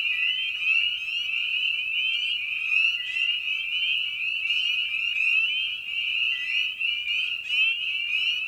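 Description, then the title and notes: Spring peepers in a dense chorus: many overlapping high, rising peeps forming a steady shrill band, with fainter lower rising notes beneath. Evening at a frog pond; presented in a modified format intended as a sleep aid. "Episode 5: Night of the Peepers. we return to the frog pond for a meditative evening. Species in Focus: Spring Peeper (Pseudacris crucifer). Written, recorded, and produced by Ian Carlsen"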